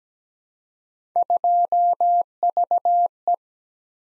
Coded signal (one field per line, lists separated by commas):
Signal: Morse code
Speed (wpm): 17 wpm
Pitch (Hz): 700 Hz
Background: none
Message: 2VE